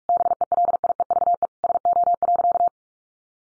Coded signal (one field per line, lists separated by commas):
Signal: Morse code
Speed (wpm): 44 wpm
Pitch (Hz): 700 Hz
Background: none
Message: BELIEVE SO.